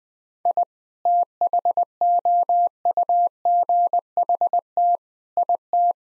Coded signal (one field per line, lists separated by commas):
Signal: Morse code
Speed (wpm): 20 wpm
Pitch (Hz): 700 Hz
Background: none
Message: I THOUGHT IT